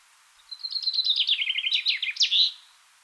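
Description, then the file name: Common chaffinch singing one rattling phrase of quick notes that tumbles downward, then closes with a sharp terminal flourish; nothing else is audible. "Fringilla coelebs"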